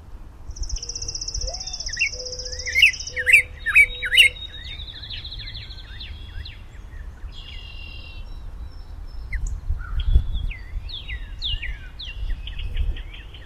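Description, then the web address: Bird song, a mix of high trills, sharp chirps and a long buzzy rattle, with short phrases coming irregularly and low rumbling noise underneath. Unidentified bird, April 2010; noise removal applied. "birds April-2010 mystery bird w-noise-removal"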